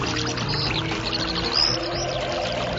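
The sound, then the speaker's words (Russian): A spring brook winding among trees and bushes, steadily babbling, flowing and gurgling continuously, with bright trickling splashes and a constant rushing texture at even loudness throughout. “Бежит ручеек, между деревьев и кустов змейкой вьется, звенит и журчит, на пути полноводная река стоит.”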